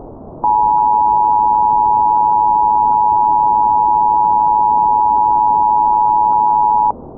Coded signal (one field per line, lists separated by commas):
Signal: Emergency Alert System (SAME) tones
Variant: 853 and 960 Hz attention tone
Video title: [ZOMBIE EAS / ANALOG HORROR] CODA: REBOOTED - MVT. 2: CRESCENDO